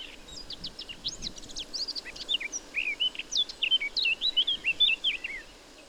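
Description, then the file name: Eurasian blackcap song: a quick chattering warble that turns into louder, clearer whistled notes, over faint steady background noise. "Sylvia atricapilla"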